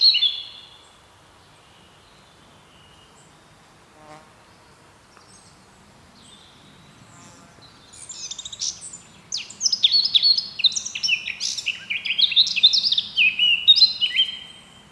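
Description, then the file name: Eurasian blackcap song: a brief high whistle at the start, a long quiet gap, then a rich, fast warble of varied notes building louder over the final seconds. "Sylvia atricapilla"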